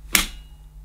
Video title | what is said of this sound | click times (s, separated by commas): Shark Anti Hair Wrap Corded Stick Vacuum Review & Demonstration | the wand fits into the head this way push it down until it clicks | 0.2 s